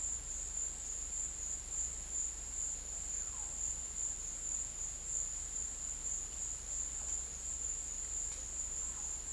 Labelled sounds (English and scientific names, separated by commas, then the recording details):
none
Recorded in secondary vegetation near Puerto Asís, Putumayo, Colombia, on 26 December 2024 at 12:30
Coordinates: 0.488, -76.319
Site GP04